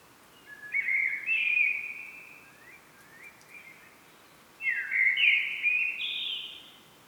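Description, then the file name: Common blackbird song in two phrases: low mellow whistles sliding upward into brighter, warbled notes, with a short quiet interval in between. "Turdus merula"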